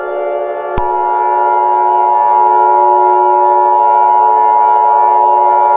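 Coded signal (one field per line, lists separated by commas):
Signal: Emergency Alert System (SAME) tones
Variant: 853 and 960 Hz attention tone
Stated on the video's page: Fictional EAS scenario, a created recreation rather than a real alert.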